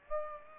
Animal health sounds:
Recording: mosquito wingbeat signal from an infrared sensor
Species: Aedes aegypti

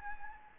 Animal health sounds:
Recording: mosquito wingbeat signal from an infrared sensor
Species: Anopheles gambiae

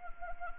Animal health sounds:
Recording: mosquito wingbeat signal from an infrared sensor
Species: Anopheles arabiensis

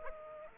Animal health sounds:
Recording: mosquito wingbeat signal from an infrared sensor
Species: Aedes aegypti

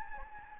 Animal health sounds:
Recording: mosquito wingbeat signal from an infrared sensor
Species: Anopheles gambiae

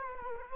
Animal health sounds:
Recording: mosquito wingbeat signal from an infrared sensor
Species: Culex quinquefasciatus

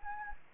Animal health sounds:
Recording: mosquito wingbeat signal from an infrared sensor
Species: Anopheles gambiae

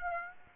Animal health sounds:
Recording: mosquito wingbeat signal from an infrared sensor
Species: Aedes aegypti

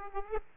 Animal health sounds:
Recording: mosquito wingbeat signal from an infrared sensor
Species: Aedes aegypti

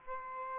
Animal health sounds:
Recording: mosquito wingbeat signal from an infrared sensor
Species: Aedes albopictus

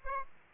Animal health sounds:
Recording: mosquito wingbeat signal from an infrared sensor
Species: Aedes aegypti

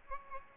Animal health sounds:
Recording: mosquito wingbeat signal from an infrared sensor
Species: Aedes albopictus

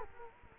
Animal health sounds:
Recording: mosquito wingbeat signal from an infrared sensor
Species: Culex quinquefasciatus

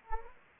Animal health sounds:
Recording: mosquito wingbeat signal from an infrared sensor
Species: Anopheles gambiae

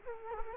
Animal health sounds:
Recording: mosquito wingbeat signal from an infrared sensor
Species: Culex quinquefasciatus

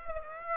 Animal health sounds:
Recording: mosquito wingbeat signal from an infrared sensor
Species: Aedes aegypti

